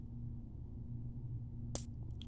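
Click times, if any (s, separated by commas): 1.8 s, 2.2 s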